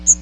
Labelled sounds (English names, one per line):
Magnolia Warbler flight call